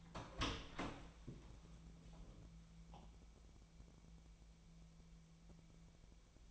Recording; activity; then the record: daily activity, microphone in the room; open door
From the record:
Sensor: 1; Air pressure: 1000.4 hPa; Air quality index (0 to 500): 181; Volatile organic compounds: 4 ppm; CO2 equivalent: 1672 ppm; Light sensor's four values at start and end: 12/28/12/13 and 12/29/12/14